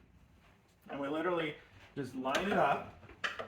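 On a 2011–2023 Chrysler 300, the end socket of a new hood lift gas strut is lined up over the ball stud on the body while someone talks, with a faint handling knock near 3.4 s. Nothing has seated or clicked yet; the strut's retaining clip has not locked onto the ball.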